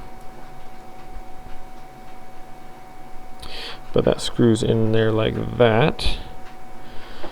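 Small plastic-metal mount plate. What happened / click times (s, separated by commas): The plate is handled and fitted but has not locked home yet / none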